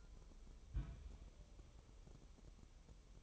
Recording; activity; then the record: daily activity, microphone in the room; place on stove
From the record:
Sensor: 1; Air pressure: 988.3 hPa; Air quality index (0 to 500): 202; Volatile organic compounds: 1000 ppm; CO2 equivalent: 5413 ppm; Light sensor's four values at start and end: 26/97/37/39 and 26/97/37/39